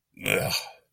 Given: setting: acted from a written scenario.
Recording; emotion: vocal sound without words; disgust